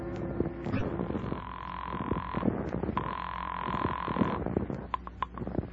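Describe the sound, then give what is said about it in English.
A call from a hotel room phone to the Boston police rings through twice, each ring a steady, buzzing mid-pitched tone lasting almost two seconds, separated by a brief pause, over a low, rumbling background. “But I wasn't exactly cooing when I got to my hotel room phone and put a call through to the Boston police.”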